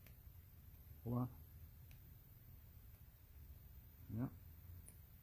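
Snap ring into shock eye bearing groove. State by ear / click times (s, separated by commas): seated / 4.9 s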